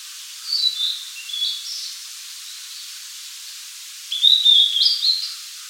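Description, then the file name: Blue-and-white flycatcher singing a soft first phrase then a louder whistled phrase of rising and falling slurs, with low background hiss. "Cyanoptila cyanomelana"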